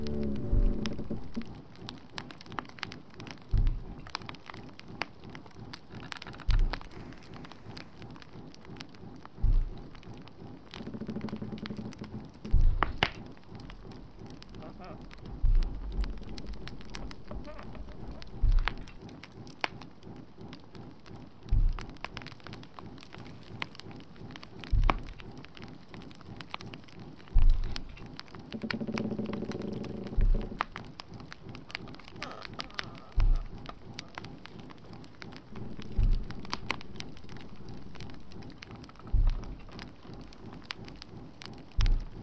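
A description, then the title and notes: A fireplace crackles and hisses without pause, a dense, busy texture of small pops. Soft low thuds land at a steady pace about every three seconds, and a deeper rumbling swell rises and fades a few times, around 12 and 30 seconds. Howl's Moving Castle ambience : Fireplace and castle sounds. Immerse yourself in the rhythmic machinery hum and the castle's gentle, lumbering steps echoing through the calm night. At the heart of this audio experience is the comforting and mesmerizing crackle of Calcifer, the fire demon, casting a warm and tranquil ambiance.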